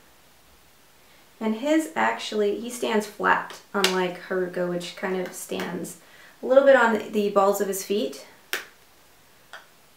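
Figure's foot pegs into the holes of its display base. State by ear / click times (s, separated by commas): seated / 8.5 s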